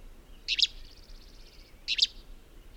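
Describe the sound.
Bird chirps: two short, bright, high clusters about a second and a half apart, with a faint thin trill between them over a soft hiss.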